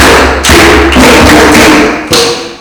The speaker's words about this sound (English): Now, let's clap for ourselves because we prayed and dancing. 1, 2, 3, go. Clap for yourself. 1, 2, 3, go.